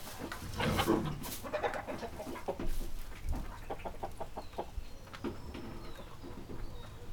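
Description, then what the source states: Chicken steps crunching and rustling in straw, busiest in the first three seconds, with soft thuds throughout. Chicken walking in straw inside a low-ceiling barn room.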